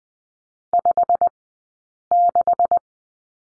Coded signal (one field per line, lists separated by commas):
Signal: Morse code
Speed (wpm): 19 wpm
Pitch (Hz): 690 Hz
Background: none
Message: 56